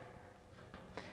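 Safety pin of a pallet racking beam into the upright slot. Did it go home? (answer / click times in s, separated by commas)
yes / 1.0 s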